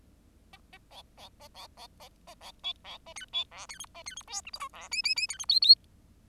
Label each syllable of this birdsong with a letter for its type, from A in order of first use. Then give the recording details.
A A B B A B B A A B C B A D C E D F A D F G H I J E K K K D F L L. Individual Bird10